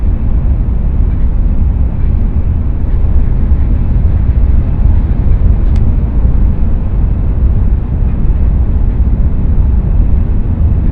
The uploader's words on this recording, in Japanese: 東海道新幹線こだま浜松→静岡。朝一番の浜松始発の新幹線です。